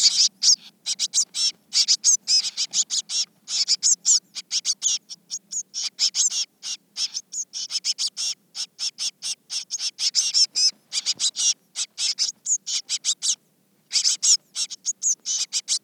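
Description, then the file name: Eurasian blue tit calls, a dense run of short high chirping notes packed closely together for the whole stretch, with only brief gaps between bursts. "Cyanistes caeruleus"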